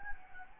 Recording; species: mosquito wingbeat signal from an infrared sensor; Anopheles gambiae